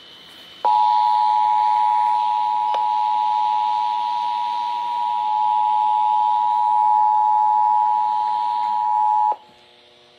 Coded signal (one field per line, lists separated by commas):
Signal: Emergency Alert System (SAME) tones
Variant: 853 and 960 Hz attention tone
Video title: HELLO 2020... EAS Tests from 1/7/20 - 1/16/20 (EAS #3,660 - 3,671)